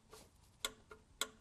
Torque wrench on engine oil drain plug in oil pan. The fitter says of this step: And as you can see, that torque wrench clicked.